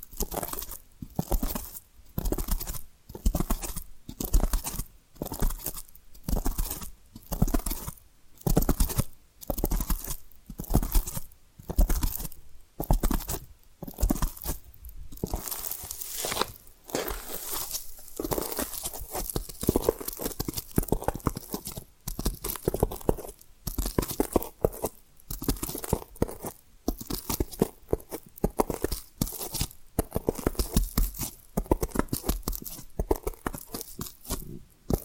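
Tapping and scratching sounds come as a steady run of sharp, crunchy strokes, roughly two per second in the first half. After about sixteen seconds the strokes grow quicker and more irregular, blending into a busier, rougher scratching that continues to the end.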